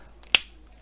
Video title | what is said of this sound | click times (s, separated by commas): Swatching and Revew of the 160 Set of the Brush Tip Master Markers | yeah you can tell they snap close | 0.3 s